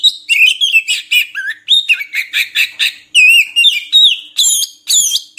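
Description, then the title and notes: Oriental magpie-robin song, a fast varied run of whistled and chirping notes, some rising and some sliding, delivered in quick bursts with short gaps. Long-duration song used to train songbirds to sing frequently, day and night. "Kacer Jadi Gacor Siang Malam. Isian Kacer Durasi Panjang"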